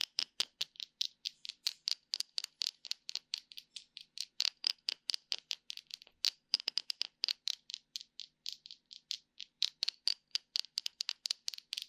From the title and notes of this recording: 解壓．觸發．敲擊. Tapping for Tingles. NO Talking.